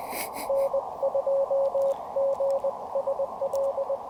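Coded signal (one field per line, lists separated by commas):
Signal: Morse code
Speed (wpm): 23 wpm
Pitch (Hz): 550 Hz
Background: radio noise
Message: N2GSL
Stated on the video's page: CW during a Parks on the Air QRP portable activation, with an end-fed half-wave antenna.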